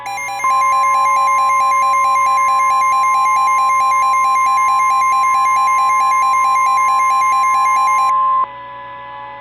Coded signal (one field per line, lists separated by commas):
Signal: Emergency Alert System (SAME) tones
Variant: 1050 Hz attention tone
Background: music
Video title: EAS Mock: Tornado Emergency for Moore and South Oklahoma City